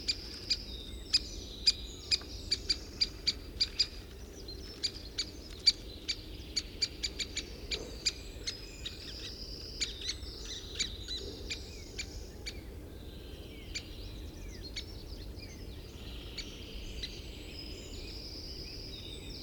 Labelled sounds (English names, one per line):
Great Spotted Woodpecker